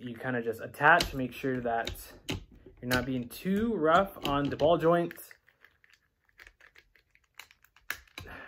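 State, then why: Seated. Someone talks while pressing the split halves of an S.H. MonsterArts Super Mechagodzilla action figure body together over plastic ball joints. After the talking stops, faint plastic ticks and handling noises follow, and a sharp snap at 7.9 s marks the halves seating together.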